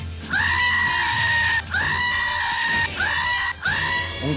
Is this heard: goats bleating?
yes